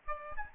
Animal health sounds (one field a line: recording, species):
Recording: mosquito wingbeat signal from an infrared sensor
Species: Aedes albopictus